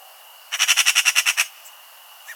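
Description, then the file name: Eurasian magpie rattling out a dry, rasping chatter of roughly ten quick harsh notes, followed by silence and faint short notes, over a thin constant tone. "Pica pica"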